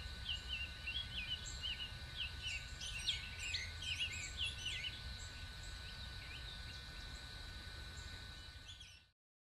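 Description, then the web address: Birds: a chorus of many overlapping chirps and short twittering notes, busiest in the first part, with a steady high tone and low rumble beneath, ending abruptly. Many birds calling in Bexar County, Texas, on the morning of 26 March 2006. "bexar Many Birds 20060326 AM"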